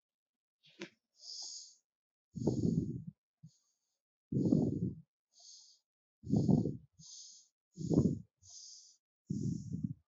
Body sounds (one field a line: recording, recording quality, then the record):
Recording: shallow breathing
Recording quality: excellent, no background noise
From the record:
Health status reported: healthy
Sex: male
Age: 25 years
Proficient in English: yes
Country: India